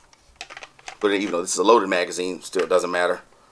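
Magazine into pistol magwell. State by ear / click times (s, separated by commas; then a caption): not seated / none. A loaded magazine is handled at the magwell of a Smith & Wesson M&P 10mm pistol whose magazine release has been reversed, with a few light handling taps around 0.4 to 0.9 seconds. Someone then talks over the rest of the clip. Nothing has seated or clicked yet.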